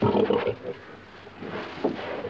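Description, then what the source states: Pig giving a rough low grunt at the start, followed by quieter snuffling grunts near the end. Pig grunting in a pen.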